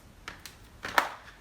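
A grinding head is fitted onto a soy milk maker body and twisted until it locks, with a couple of light taps near 0.3 and 0.5 seconds and a brief scrape near 0.9 seconds. A sharp, loud click at 1.0 seconds marks the grinding head locking in place, and it is seated.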